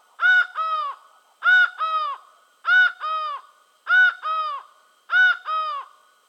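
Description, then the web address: Laughing falcon calling in loud, nasal two-note phrases, each pair repeated roughly every 1.2 seconds, steady and clear with no other sounds. South America. "Natures Songs S America Laughing Falcon"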